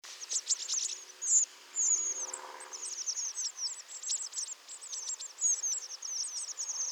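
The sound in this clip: Eurasian blue tit calls, rapid high twittering notes repeated almost continuously, some sharper downward slurs among them, with faint lower background sound.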